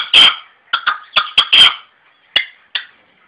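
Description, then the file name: Red-legged partridge giving harsh, scratchy call notes, a loud burst at the start followed by scattered shorter chuffs and two final notes, with brief silent gaps. "perdiz roja-sonido"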